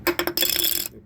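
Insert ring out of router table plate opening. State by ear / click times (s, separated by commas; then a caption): released / 0.1 s. A snapped-in plastic insert ring on a Ryobi router table is pushed from underneath and pops out of the table plate opening. It releases with a sharp pop at 0.1 s, followed by a quick series of lighter rattling clicks until about 0.9 s. The insert comes free, released from the opening.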